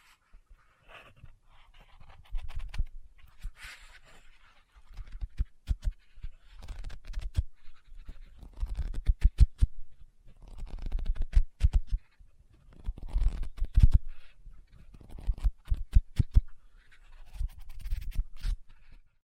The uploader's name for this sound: Book Tapping, Scratching, Page Turning